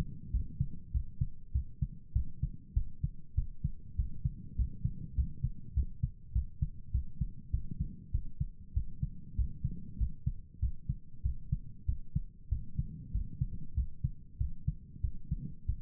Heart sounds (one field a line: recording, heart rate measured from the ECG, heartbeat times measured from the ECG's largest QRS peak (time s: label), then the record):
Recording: heart sounds by stethoscope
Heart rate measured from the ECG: 98 bpm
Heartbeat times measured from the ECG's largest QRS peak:
0.30 s: heartbeat
0.91 s: heartbeat
1.52 s: heartbeat
2.12 s: heartbeat
2.73 s: heartbeat
3.34 s: heartbeat
3.95 s: heartbeat
4.55 s: heartbeat
5.14 s: heartbeat
5.73 s: heartbeat
6.32 s: heartbeat
6.91 s: heartbeat
7.50 s: heartbeat
8.11 s: heartbeat
8.73 s: heartbeat
9.35 s: heartbeat
9.97 s: heartbeat
10.59 s: heartbeat
11.22 s: heartbeat
11.85 s: heartbeat
12.48 s: heartbeat
13.11 s: heartbeat
13.74 s: heartbeat
14.37 s: heartbeat
15.01 s: heartbeat
15.65 s: heartbeat
From the record:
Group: healthy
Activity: rest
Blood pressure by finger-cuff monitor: 102/71 mmHg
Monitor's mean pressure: 79 mmHg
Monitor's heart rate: 97 bpm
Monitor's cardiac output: 7.9 L/min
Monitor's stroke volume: 80 mL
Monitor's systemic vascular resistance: 740 dyn s/cm5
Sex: male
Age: 19 years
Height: 178 cm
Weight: 83 kg